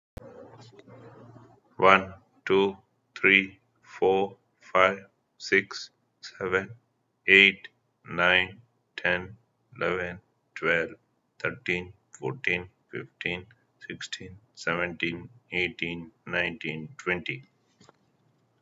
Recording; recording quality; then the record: counting at a normal pace; excellent, no background noise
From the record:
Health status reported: healthy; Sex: male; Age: 53 years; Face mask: not worn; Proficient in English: yes